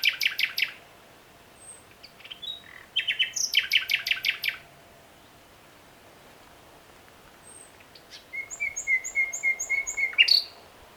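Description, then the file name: Common nightingale singing separate phrases with pauses between: rapid rattling bursts, brief whistles, and a closing series of repeated thin notes that builds in loudness. "Luscinia megarhynchos"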